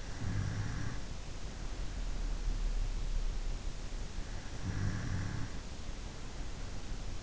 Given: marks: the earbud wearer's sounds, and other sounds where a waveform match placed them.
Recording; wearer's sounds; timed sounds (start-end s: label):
sounds in sleep by an in-ear microphone; snoring breath
0.00-2.88 s: snoring breath
4.44-7.01 s: snoring breath